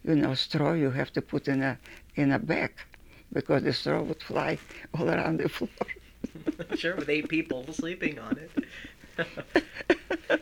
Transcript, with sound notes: You know, straw you have to put in a bag because the straw would fly all around the floor. [Laughs]
Sure, with eight people sleeping on it.